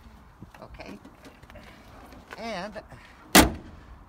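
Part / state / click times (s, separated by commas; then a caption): plastic exterior cover on a camper van body / seated / 3.3 s. A plastic exterior cover on the body of a 2020 Mercedes Sprinter Passage camper van is pressed back into place while someone talks. A brief wavering tone comes just before a loud, sharp snap at 3.4 s, and the cover is seated in place.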